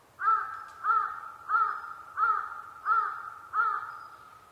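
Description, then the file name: Large-billed crow giving a series of six harsh, nasal caws, evenly spaced about every two-thirds of a second. Recorded 23 October 2010 at 05:42. "hasibutogarasu-20101023-0542"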